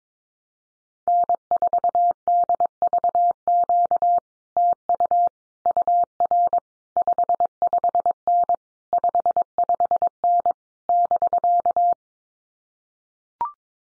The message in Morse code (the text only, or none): N4DVQ TU UR 55N 55N <BK>